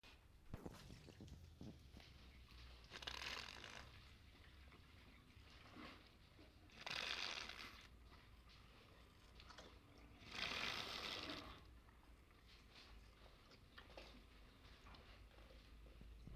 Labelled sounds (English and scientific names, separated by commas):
Sloth Bear (Melursus ursinus)